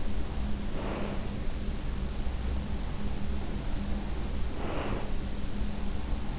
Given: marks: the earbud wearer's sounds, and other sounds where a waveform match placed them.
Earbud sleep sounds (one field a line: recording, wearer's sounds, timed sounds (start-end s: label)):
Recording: sounds in sleep by an in-ear microphone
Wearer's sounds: breath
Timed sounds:
0.65-1.38 s: breath
4.56-5.13 s: breath